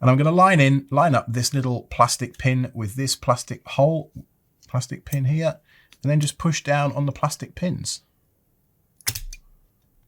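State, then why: Seated. Someone talks while lining up the plastic push pins of a small active fan/heatsink cooler with the mounting holes on a Raspberry Pi single-board computer. The pins are then pressed down. Two sharp clicks at 9.1 s and 9.2 s mark them snapping through the holes and barbing in place, seating the cooler.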